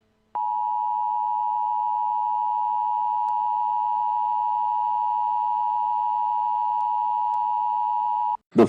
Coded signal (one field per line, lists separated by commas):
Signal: Emergency Alert System (SAME) tones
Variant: 853 and 960 Hz attention tone